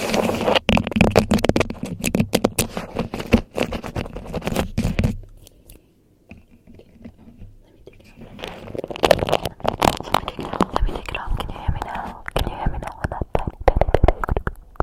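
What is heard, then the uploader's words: Fast crinkling and tapping on a beeswax wrap and fidget toys, dense with sharp clicks and scratchy rustles. The handling stops almost completely around five seconds, leaving near silence. Near eight seconds it starts again with busy, bright scraping and pattering through the end. Unpredictable Fast & Aggressive Trigger Assortment (Beeswax Wrap, Mic Triggers, Fidget Toys).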